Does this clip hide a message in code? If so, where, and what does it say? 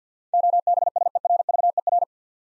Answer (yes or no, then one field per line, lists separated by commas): yes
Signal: Morse code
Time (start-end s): 0.3-2.0 s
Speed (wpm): 50 wpm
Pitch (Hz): 700 Hz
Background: none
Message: OBSERVER